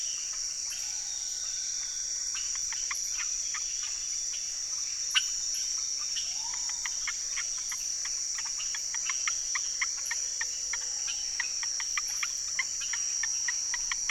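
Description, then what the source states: Many amphibians click in dense, irregular series that build in the second half, set against an unbroken high insect whine. Unidentified amphibians calling from the ground as rain approached, hundreds or thousands of them, Chemin des grands arbres, Saül, French Guiana, 16 November 2006; Nagra Ares BB+ with cardioid MKH40 microphones.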